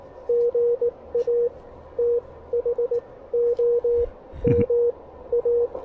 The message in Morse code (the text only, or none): GA THOMA